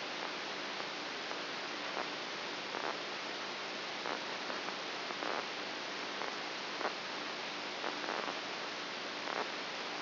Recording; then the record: brain microelectrode recording played as sound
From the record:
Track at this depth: inside the subthalamic nucleus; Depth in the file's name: 1.44 mm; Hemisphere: right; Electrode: 2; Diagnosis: Parkinson's disease